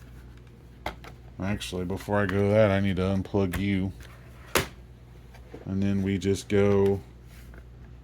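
Someone talks while handling a serviced Sony MPF22A PowerBook floppy drive as it is slid back into its plastic enclosure, with short sharp handling knocks around 0.9 s and 4.6 s. The cover has not yet been pushed on, and nothing has clicked into place.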